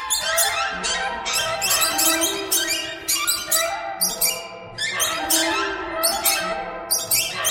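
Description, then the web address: Birds give a noisy, overlapping chorus of harsh, buzzy squawks, with bursts recurring throughout. "soundfactory birds"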